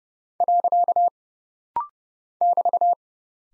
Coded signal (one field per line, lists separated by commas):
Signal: Morse code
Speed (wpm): 30 wpm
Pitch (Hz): 700 Hz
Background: none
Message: . <BT>